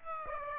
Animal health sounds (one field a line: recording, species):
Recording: mosquito wingbeat signal from an infrared sensor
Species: Aedes aegypti